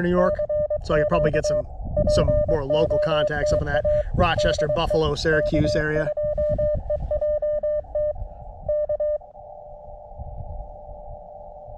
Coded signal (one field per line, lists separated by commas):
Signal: Morse code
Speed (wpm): 24 wpm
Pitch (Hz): 600 Hz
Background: speech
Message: CQ POTA DE K2EJT K